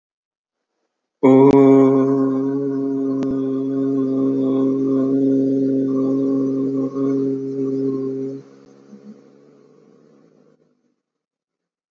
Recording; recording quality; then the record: sustained vowel as in boot; excellent, no background noise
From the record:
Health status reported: healthy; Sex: male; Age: 28 years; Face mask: not worn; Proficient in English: yes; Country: India